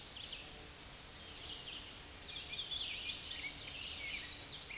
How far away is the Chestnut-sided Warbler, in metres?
about 35 m